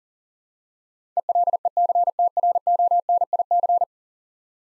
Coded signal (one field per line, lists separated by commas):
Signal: Morse code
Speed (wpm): 40 wpm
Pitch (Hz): 700 Hz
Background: none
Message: ELECTRONIC